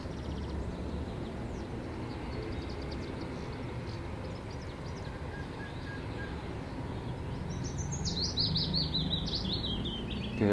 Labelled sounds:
Willow Warbler
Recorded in captivity
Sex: male
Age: adult
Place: Volierenanlage, Zoologisches Institut Universität Tübingen, Baden-Württemberg, DE
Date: 1968-04-27
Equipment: Nagra III PH, kleiner englischer Parabolspiegel, LGS26
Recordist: Schneider, Hans-Joachim
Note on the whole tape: Voliere III: Männchen: rot/blau - rot: waldlaubsängerartiger Gesang

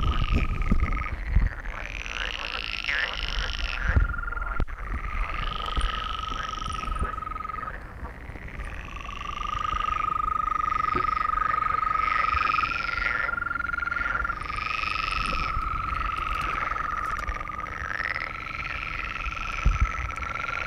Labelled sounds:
Green Toad call
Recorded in the wild
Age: adult
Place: Malchower Aue, Berlin, DE
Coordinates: 52.5817, 13.4869
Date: 1990-05-20 22:15
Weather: Temperatur: Luft - 8,5°C, Wasser - 17,5°C
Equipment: Uher 4400 Report Monitor, Sennheiser MKH 416 T
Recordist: Frommolt, Karl-Heinz

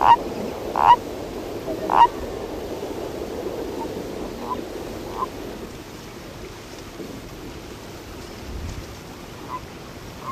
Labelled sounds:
Common Toad call
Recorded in the wild
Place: Krombachtalsperre, DE
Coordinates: 50.6217, 8.12722
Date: 1964-05-10 11:00
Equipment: Uher Report 4000, AKG D190
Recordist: Krey, Winfried

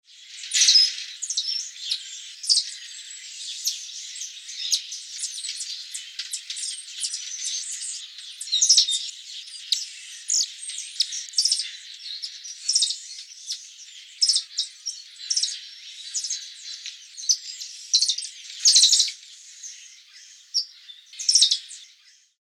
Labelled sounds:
Golden-headed Lion Tamarin
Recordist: Tembrock, Günter
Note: Laute in der Gruppe

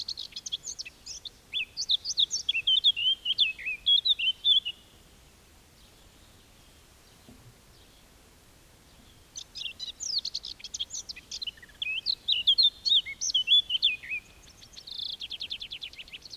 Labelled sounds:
Eurasian Blackcap song
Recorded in the wild
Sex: male
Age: adult
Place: Bielefeld-Senne, Teutoburger Wald, Nordrhein-Westfalen, DE
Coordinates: 51.9867, 8.545
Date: 1967-06-18
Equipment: Uher 4000 Report-S, Bändchenmikro Beyer M 260, Parabolspiegel Polyester (470 mm)
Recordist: Conrads, Klaus

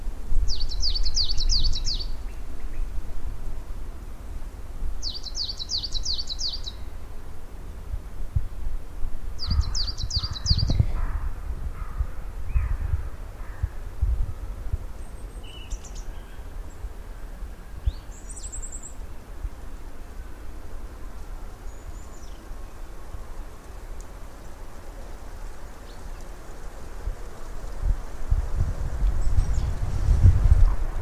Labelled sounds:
Coal Tit song
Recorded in the wild
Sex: male
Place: Birken-Honigsessen, Westerwald, Rheinland-Pfalz, DE
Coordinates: 50.8192, 7.76194
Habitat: mixed forest
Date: 1992-03-18 16:09
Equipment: Aiwa HD-S1, Sennheiser ME 80, 1:1 Kopie
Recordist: Frommolt, Karl-Heinz

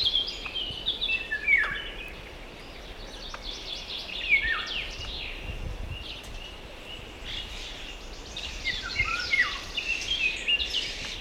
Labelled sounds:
Eurasian Red Squirrel call
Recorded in the wild
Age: adult
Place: Bucher Wald, Berlin, DE
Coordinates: 52.65, 13.48
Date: 1965-06-06 12:30
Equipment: Uher 4200 Report Stereo, Sennheiser MD 421, Transistorverstärker
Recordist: Tembrock, Günter

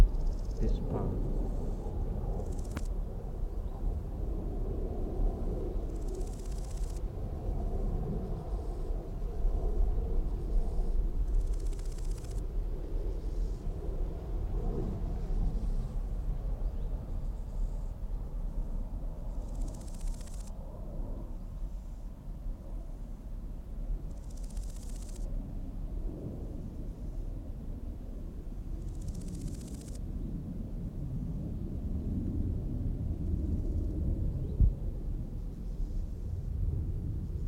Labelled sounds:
Large Gold Grasshopper stridulation
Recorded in the wild
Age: imago
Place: Mühlenbecker Teiche, Brandenburg, DE
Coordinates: 52.69, 13.394
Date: 1993-08-14 13:20
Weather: 20°C, sonnig
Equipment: Marantz CP 430, Sennheiser ME 80, Kopie Uher Variocord 263
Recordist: Tembrock, Günter

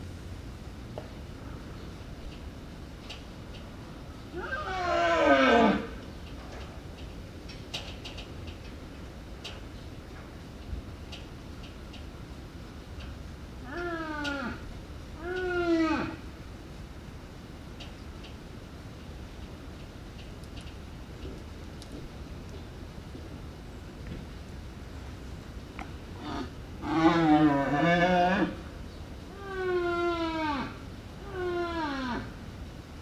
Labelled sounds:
Wapiti rut call
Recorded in captivity
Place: Zoo Moskau, RU
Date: 1970-09-08
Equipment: Uher 4200 Report Stereo, Sennheiser MD 421
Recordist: Tembrock, Günter

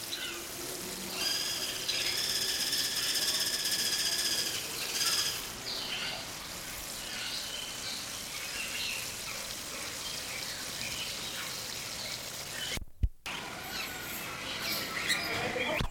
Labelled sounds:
Guira Cuckoo
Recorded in captivity
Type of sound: twittering
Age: adult
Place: Zoo Berlin, Berlin, DE
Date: 1992-05-09 10:58
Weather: wolkig, 11-14°C
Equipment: Nagra SN, Mikrofon AKG CK 8, Kopie Tesla B 116
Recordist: Tembrock, Günter
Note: Diverse Laute, speziell auch Triller

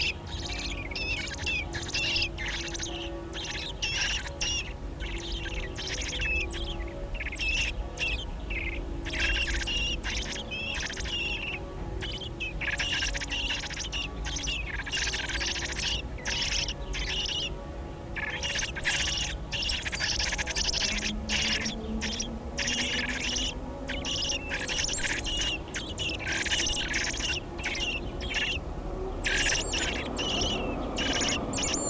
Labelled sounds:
Common Blackbird call
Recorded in the wild
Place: Hannover, Niedersachsen, DE
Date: 1967-07-16
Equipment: Halbspur, 9,5 cm/s
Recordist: Lütgens, Hans

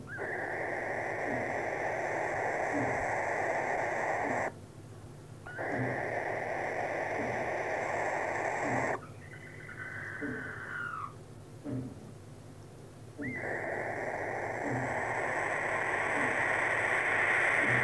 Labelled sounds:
Western Barn Owl call
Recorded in the wild
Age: juvenile
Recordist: Meyer, Hugo

